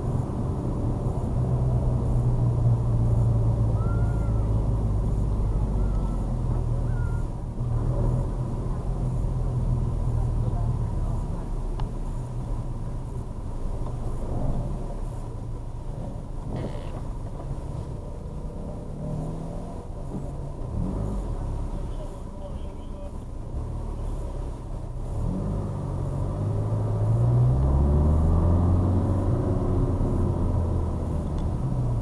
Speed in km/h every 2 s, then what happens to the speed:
32, 31, 24, 19, 18, 16, 13, 8, 5, 0, 0, 0, 0, 10, 15, 16.
0-18 slows to 0. 18-24 standing. 24-32 pulls away to 16.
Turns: none.